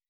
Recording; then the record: hydrophone in a shrimp aquaculture tank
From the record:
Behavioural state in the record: weakened